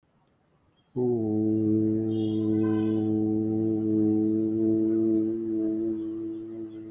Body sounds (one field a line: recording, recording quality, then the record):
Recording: sustained vowel as in boot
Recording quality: excellent, no background noise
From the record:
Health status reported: healthy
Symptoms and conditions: diabetes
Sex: male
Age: 50 years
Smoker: yes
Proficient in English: yes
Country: India